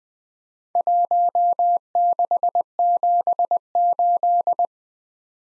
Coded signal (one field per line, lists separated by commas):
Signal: Morse code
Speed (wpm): 20 wpm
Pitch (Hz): 700 Hz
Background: none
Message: 1678